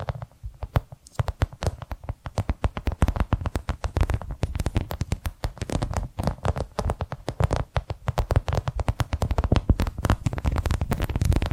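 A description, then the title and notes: Rapid tapping and scratching on a hard surface, with dense clicks arriving many times per second throughout. The taps are crisp and bright with a soft low thump beneath, building slightly in density and loudness toward the end. ASMR 10 Hypnotic Tapping & Scratching Sounds for DEEP SLEEP (No Talking).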